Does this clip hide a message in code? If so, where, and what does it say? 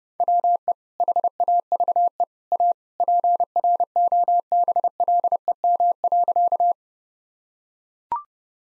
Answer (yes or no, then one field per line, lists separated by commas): yes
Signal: Morse code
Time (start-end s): 0.2-6.7 s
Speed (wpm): 30 wpm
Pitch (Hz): 700 Hz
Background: none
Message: WE HAVE A PROBLEM.